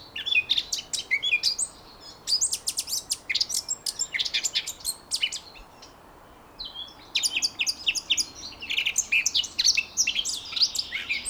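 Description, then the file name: Eurasian blackcap song: two long bouts of lively, varied warbling separated by a short quiet gap. "Sylvia atricapilla"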